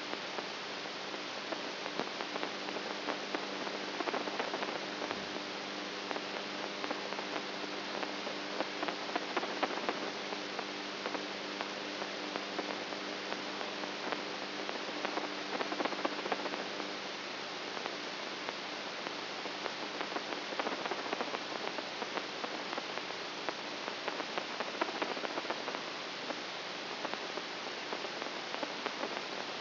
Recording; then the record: brain microelectrode recording played as sound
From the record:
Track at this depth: outside the subthalamic nucleus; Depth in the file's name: 15 mm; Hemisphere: right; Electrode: 3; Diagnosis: Parkinson's disease